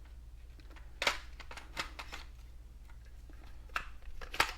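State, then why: Seated. A plastic battery pack slides along the rail mount into the handle of a DeWalt DCS369 compact reciprocating saw, with soft scraping and handling noise. It latches with a sharp click at 1.0 s, and the battery is seated. Further clicks and handling sounds follow at 1.8 s, 3.8 s and 4.4 s.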